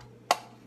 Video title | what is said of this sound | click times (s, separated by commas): Sweet Summer Treats! | and then they do have tops that come with them and they just snap into place and | 0.3 s